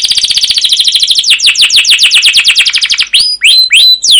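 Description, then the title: Canary song: a long, even trill of rapid high notes gradually slowing, ending in several separate looping upward-and-down whistles. Canary (kenari) masteran of long, rolling 'ngerol' 'gacor' song with 'cuit cuit' chirps, used as a lure to prompt other canaries to sing. "CUIT CUIT NGEROL LANGSUNG GACOR PANJANG Kenari Ini AMPUH Utk Pancingan KENAR. Masteran Suara Burung Kenari Gacor Panjang cuit cuit Ngerol untuk Pancingan Kenari!"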